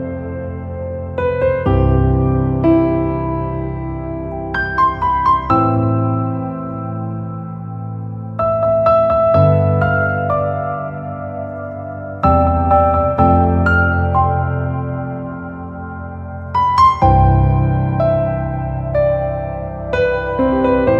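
Calm piano music plays slowly, with soft chords struck every few seconds and left to ring, a few brighter single notes sounding above them. The loudness stays fairly even, swelling slightly with each new chord, and no rain is evident.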